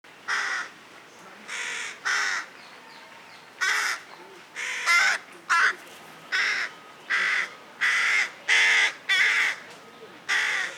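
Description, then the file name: Carrion crow calling in a long run of hoarse caws, some single and some in quick pairs. "Corvus corone"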